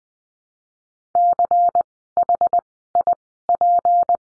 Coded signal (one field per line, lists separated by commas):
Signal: Morse code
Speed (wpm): 20 wpm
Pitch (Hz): 700 Hz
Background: none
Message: CHIP